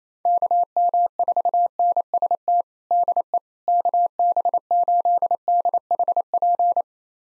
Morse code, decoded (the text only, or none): KM4NST DE KB8DHP